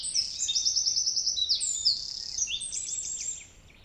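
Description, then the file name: Eurasian wren delivering a rapid, piercing series of high trills and twittering notes that ends abruptly. "Troglodytes troglodytes"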